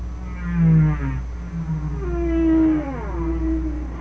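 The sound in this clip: Whale calls: low tonal moans with rich harmonics that bend in pitch, over a constant low rumble.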